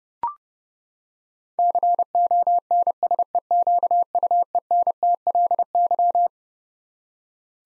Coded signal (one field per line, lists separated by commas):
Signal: Morse code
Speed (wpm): 32 wpm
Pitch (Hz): 700 Hz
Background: none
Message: CONSEQUENTLY